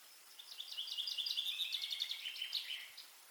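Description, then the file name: Common chaffinch song: a bright, rapid series of notes ending in a short flourish, about two and a half seconds long, over faint hiss. "Fringilla coelebs"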